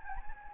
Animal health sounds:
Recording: mosquito wingbeat signal from an infrared sensor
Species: Anopheles gambiae

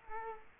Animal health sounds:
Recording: mosquito wingbeat signal from an infrared sensor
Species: Culex quinquefasciatus

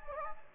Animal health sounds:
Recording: mosquito wingbeat signal from an infrared sensor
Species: Anopheles gambiae

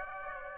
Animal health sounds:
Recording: mosquito wingbeat signal from an infrared sensor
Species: Aedes aegypti

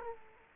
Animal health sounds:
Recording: mosquito wingbeat signal from an infrared sensor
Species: Culex quinquefasciatus

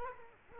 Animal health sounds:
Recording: mosquito wingbeat signal from an infrared sensor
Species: Culex quinquefasciatus

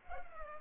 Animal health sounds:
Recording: mosquito wingbeat signal from an infrared sensor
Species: Culex pipiens

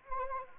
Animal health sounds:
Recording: mosquito wingbeat signal from an infrared sensor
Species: Anopheles arabiensis

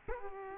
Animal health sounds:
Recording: mosquito wingbeat signal from an infrared sensor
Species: Culex quinquefasciatus

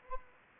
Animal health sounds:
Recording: mosquito wingbeat signal from an infrared sensor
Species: Anopheles arabiensis

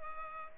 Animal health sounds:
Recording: mosquito wingbeat signal from an infrared sensor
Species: Culex pipiens

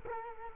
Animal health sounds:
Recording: mosquito wingbeat signal from an infrared sensor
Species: Culex quinquefasciatus

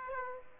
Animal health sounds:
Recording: mosquito wingbeat signal from an infrared sensor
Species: Aedes aegypti

